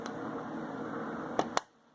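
A RAM module is pressed down into a motherboard memory slot at its other end until the second plastic latch snaps closed. Over a steady background hum, a sharp click comes at 1.6 seconds, just after a smaller tap at 1.4 seconds, and then the sound drops away. The module is seated.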